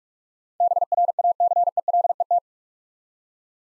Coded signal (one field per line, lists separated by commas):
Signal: Morse code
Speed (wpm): 48 wpm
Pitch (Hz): 700 Hz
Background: none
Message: BRACELET